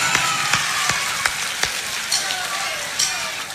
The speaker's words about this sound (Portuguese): vocês é que merecem uma grande sala de palmas agora, neste momento, por favor. Muito alta, assim. Exato.